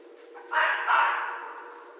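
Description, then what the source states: Red fox making a hoarse two-part call, a short rough note running into a longer grating scream that dies away. Recorded 14 January 2012.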